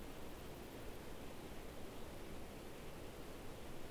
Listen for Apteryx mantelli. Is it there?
no